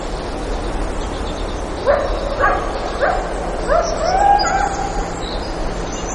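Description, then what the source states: Coyote yipping: three short, sharp yips about half a second apart, then a brief wavering howl, with a hissing noise background. Recorded at Lake Clark, Alaska, on 3 July 2018 at about 06:06.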